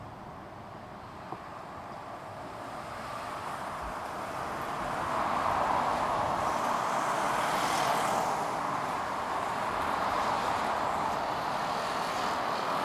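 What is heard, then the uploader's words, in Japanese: Steady traffic roar on a bridge swells as a vehicle passes around the middle, then settles into a dense continuous rumble. 橋の上の騒音。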